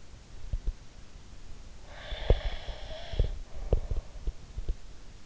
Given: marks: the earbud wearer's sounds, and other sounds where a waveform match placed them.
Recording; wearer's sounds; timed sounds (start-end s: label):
sounds in sleep by an in-ear microphone; breath
0.48-0.74 s: sound from someone else or the room
1.82-4.12 s: breath
2.05-4.78 s: sound from someone else or the room